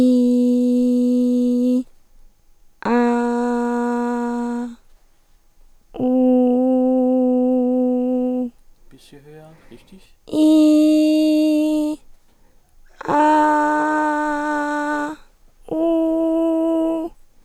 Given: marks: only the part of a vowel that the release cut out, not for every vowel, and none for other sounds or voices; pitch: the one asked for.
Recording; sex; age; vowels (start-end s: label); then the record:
sustained vowels; female; 30 to 39 years
0.00-1.65 s: vowel /i/, normal pitch
3.13-4.53 s: vowel /a/, normal pitch
6.14-8.37 s: vowel /u/, normal pitch
10.49-11.81 s: vowel /i/, high pitch
13.47-14.88 s: vowel /a/, high pitch
15.87-16.91 s: vowel /u/, high pitch
From the record:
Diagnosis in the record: mixed nasality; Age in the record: 32 years